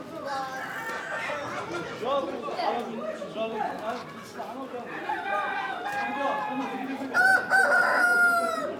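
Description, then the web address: Chickens clucking and cackling in a busy overlapping chorus, ending with a drawn-out higher wavering call. Hens outdoors with other birds, voices and activity, Morocco, 12 June 2016. "Morocco sound library by Faunethic Market for chicken hen and bird outdoor, voices and activity"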